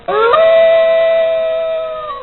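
Wolf howl: a single long, clear howl that rises quickly at the start, holds a steady pitch, then drops away at the end, about two seconds.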